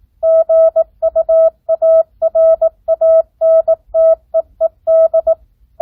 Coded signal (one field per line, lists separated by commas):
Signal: Morse code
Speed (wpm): 18 wpm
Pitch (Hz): 650 Hz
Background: none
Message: GUARANTEED